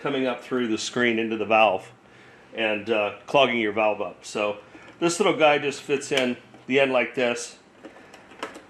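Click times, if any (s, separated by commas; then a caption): 8.4 s. Someone talks while a plastic top screen (distributor basket) is fitted into the end of the riser tube of a 5900-BT carbon backwash filter tank and turned counterclockwise; the screen keeps carbon from rising into the valve and clogging it during backwash. A sharp, short click at 8.4 s marks the screen twist-locking into place, and it is seated.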